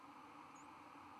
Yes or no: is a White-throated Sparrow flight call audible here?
no